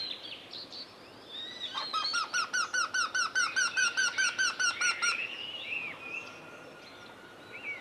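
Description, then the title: Eurasian wryneck song: a bold series of many evenly spaced, whining 'kee' notes, with other birds calling in the background. Vocal in spring and early summer. "Viikon luontoääni: Käenpiika"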